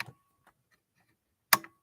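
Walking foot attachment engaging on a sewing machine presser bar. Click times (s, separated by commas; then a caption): 1.5 s. A walking foot attachment is engaged on the presser bar of a vintage PFAFF 1222 sewing machine, with the presser foot in the up position so it can click into place. A short tap at the start and a faint tick near 0.5 s come before a loud, sharp metal click at 1.5 s, followed by a brief softer rattle. The walking foot is seated.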